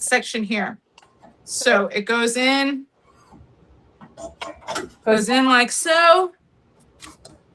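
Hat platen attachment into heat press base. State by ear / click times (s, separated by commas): seated / 7.2 s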